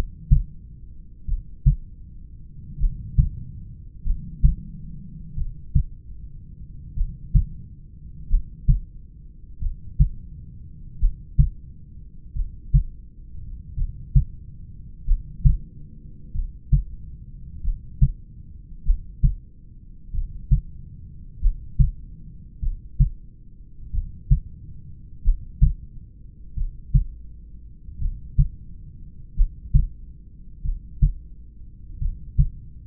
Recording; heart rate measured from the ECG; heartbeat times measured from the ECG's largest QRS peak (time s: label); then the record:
heart sounds by stethoscope; 45 bpm
1.30 s: heartbeat
2.83 s: heartbeat
4.08 s: heartbeat
5.39 s: heartbeat
6.99 s: heartbeat
8.33 s: heartbeat
9.64 s: heartbeat
11.03 s: heartbeat
12.38 s: heartbeat
13.80 s: heartbeat
15.10 s: heartbeat
16.37 s: heartbeat
17.67 s: heartbeat
18.88 s: heartbeat
20.16 s: heartbeat
21.45 s: heartbeat
22.65 s: heartbeat
23.96 s: heartbeat
25.27 s: heartbeat
26.59 s: heartbeat
28.04 s: heartbeat
29.39 s: heartbeat
30.67 s: heartbeat
32.04 s: heartbeat
From the record:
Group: heart failure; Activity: rest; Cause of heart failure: familial cardiomyopathy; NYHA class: 1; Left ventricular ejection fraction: 49%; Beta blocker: bisoprolol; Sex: male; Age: 31 years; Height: 194 cm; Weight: 96 kg